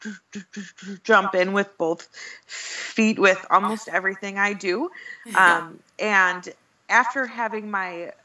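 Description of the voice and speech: An adult woman who stutters speaks in halting bursts. Brief repeated sound fragments come before "jump," and vowels stretch at "both" and "do." An "um" filler and frequent pauses break the flow, fitting stuttering disfluency.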